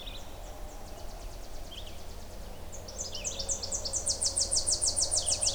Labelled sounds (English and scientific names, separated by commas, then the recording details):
Red-eyed Vireo (Vireo olivaceus) song
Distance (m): 60 m
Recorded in boreal forest in Alberta, Canada, on 26 May 2016 at 07:05
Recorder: SongMeter 3, array SBT-3-15
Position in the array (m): 123 m, 90 m